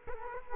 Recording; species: mosquito wingbeat signal from an infrared sensor; Culex quinquefasciatus